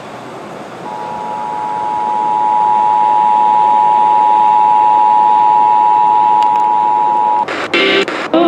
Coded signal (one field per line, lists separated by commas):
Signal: Emergency Alert System (SAME) tones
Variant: 853 and 960 Hz attention tone